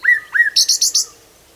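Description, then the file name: Common nightingale song phrase: two slurred whistles followed by four quick, sharp, high notes in a rapid rattling burst, then silence. "Luscinia megarhynchos"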